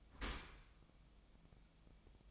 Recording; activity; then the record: daily activity, microphone in the room; open dishwasher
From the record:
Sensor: 1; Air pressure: 1004.7 hPa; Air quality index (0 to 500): 115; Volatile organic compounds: 4 ppm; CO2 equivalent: 1595 ppm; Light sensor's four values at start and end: 9/22/8/9 and 9/22/8/9